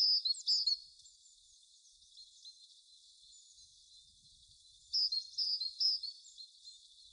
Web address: SETE data Parus major